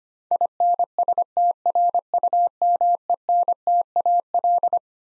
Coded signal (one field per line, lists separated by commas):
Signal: Morse code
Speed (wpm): 25 wpm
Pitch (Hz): 700 Hz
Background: none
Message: INSTRUMENTAL